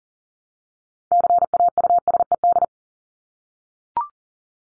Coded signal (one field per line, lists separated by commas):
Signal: Morse code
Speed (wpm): 40 wpm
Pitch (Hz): 700 Hz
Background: none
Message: CAUSED